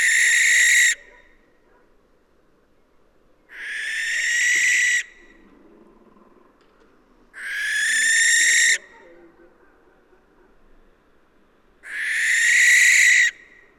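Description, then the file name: Western barn owl giving long harsh hissing screeches, four of them, each about one to one and a half seconds, spaced roughly every four seconds, over quiet background. "Western Barn Owl Tyto alba"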